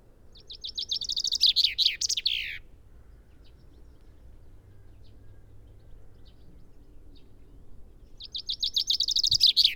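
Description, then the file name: Common chaffinch delivering a full song, a quick trill of repeated notes closing with a downward flourish, then several seconds of near-silence with faint chirps before a second song that is cut off at the end. "Fringilla coelebs"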